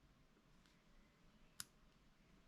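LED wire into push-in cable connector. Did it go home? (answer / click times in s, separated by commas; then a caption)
yes / 1.6 s. An LED light wire is twisted into its groove and pushed into a push-in cable connector. A single sharp, bright click at 1.6 s marks it seating home, with only faint background noise around it.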